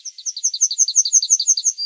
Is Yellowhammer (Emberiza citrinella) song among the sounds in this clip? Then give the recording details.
yes. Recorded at under 5 m from the bird. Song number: 006